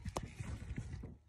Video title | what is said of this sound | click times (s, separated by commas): BMW Drivetrain Malfunction: Valvetronic Eccentric Shaft Actuator No Movement - Diagnosis & Repair | basically you can feel where it snaps into place it | 0.2 s